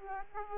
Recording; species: mosquito wingbeat signal from an infrared sensor; Aedes aegypti